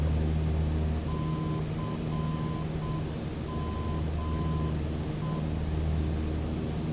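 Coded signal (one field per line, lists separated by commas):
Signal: Morse code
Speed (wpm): 7 wpm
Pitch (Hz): 1020 Hz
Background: none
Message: CME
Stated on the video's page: Simulated VOR navigation-aid idents in a flight simulator (MSFS2024) during an IFR flight.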